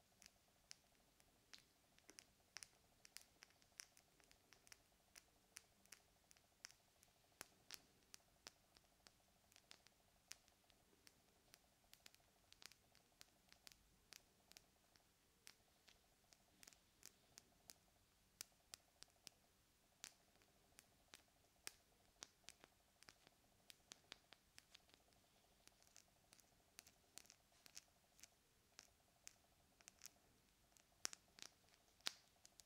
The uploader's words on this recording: ASMR Tapping and Scratching for Tingles.